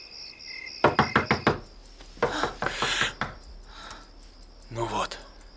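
Someone raps on a door in a quick run of five sharp knocks, pauses, then knocks again in a second hurried burst. A thin, steady high-pitched whine hangs in the background.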